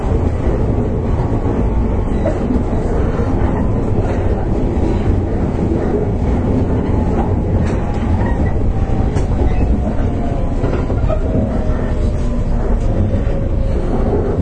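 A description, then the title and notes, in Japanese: Running sound of a Series 415 electric train on a local service, a steady low rumble that stays loud and dense throughout. Faint clicks of the wheels over rail joints come through, and a thin whining tone slowly falls in pitch. JR415系 日豊線 小倉から中津まで。JR九州 415系電車の走行音です。日豊線の普通列車にて収録。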